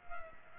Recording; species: mosquito wingbeat signal from an infrared sensor; Culex pipiens